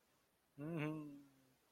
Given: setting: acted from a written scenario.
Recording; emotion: vocal sound without words; adoration